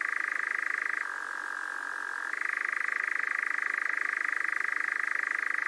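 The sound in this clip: Nightjar churring nonstop, the rapid rattling trill shifting down in pitch for just over a second before returning to its higher, louder tone.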